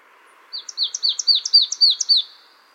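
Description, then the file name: Marsh tit call: a fast run of about seven paired notes, alternating high clipped ticks and falling slurs, repeated evenly for under two seconds over faint background noise. "Poecile palustris"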